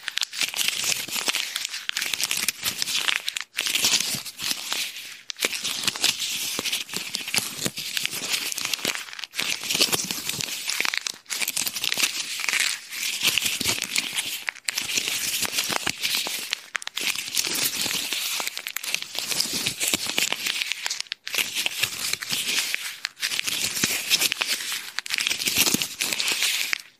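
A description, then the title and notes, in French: Someone rummages through a handbag and its contents, with dense, crinkly rustling and crumpling that runs almost without a break. The bright scraping of plastic and paper keeps up a busy pace, dropping out only in brief pauses, around 4, 9 and 21 seconds. Je te relaxe avec mon sac à main et son contenu (portefeuille, cartes, tickets, lunettes, mouchoirs en papier, crème...) Un épisode multi déclencheurs avec mon sac à main et tout son contenu.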